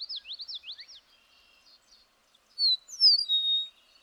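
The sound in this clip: Bird song: a quick run of high, sweeping whistled notes, then a pause and a brighter burst of sliding, squeaky phrases.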